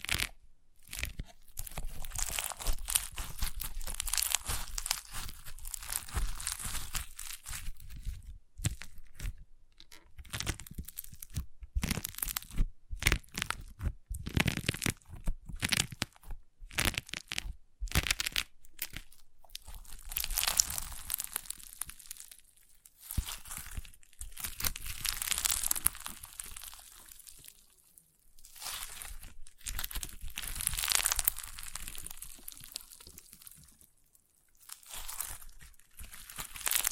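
Crunchy slime being squeezed and pressed, giving off dense bursts of crackling, crinkly popping. The crunches come in quick irregular clusters with brief pauses, bright and sharp throughout, the busiest stretches early on and around the middle before thinning toward the end.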